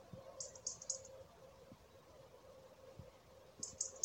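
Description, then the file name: European robin calling with high, thin notes, three in quick succession, a long quiet gap, then three more; soft low knocks and hum in the background. "Erithacus rubecula"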